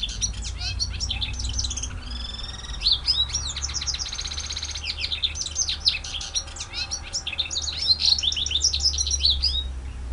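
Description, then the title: White-eye pouring out a continuous high twittering song with quick slurred notes and buzzy trills, low hum underneath. Song in the ngerol ngalas style. "Suara Burung Pleci Ngerol Ngalas"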